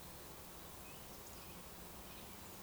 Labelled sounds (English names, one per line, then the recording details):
Eurasian Woodcock whistle
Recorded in Baden-Württemberg, Germany, on 12 June 2020 at 20:01 UTC
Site 43791, 788 m above sea level